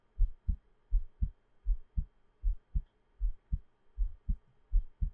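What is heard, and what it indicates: A normal adult heartbeat heard close up, with steady paired lub-dub beats at about 80 beats per minute and no talking.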